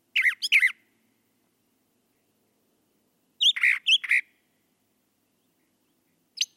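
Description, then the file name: Brown thrasher song: grouped harsh, varied phrases, some repeated in pairs, with long quiet gaps and one brief final note. "suara kicauan brown thrasher. omkicau"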